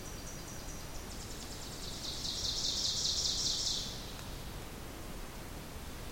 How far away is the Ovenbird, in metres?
about 40 m